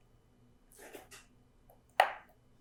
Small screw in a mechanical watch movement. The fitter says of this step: that little click you hear sometimes so when I unscrew a screw is uh just telling us that the screw is completely unscrewed